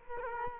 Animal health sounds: mosquito wingbeat signal from an infrared sensor; Culex quinquefasciatus

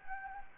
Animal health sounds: mosquito wingbeat signal from an infrared sensor; Anopheles gambiae

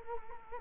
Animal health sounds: mosquito wingbeat signal from an infrared sensor; Culex quinquefasciatus

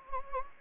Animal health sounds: mosquito wingbeat signal from an infrared sensor; Anopheles gambiae

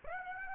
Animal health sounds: mosquito wingbeat signal from an infrared sensor; Aedes aegypti

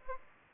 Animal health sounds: mosquito wingbeat signal from an infrared sensor; Aedes aegypti

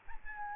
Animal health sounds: mosquito wingbeat signal from an infrared sensor; Aedes albopictus

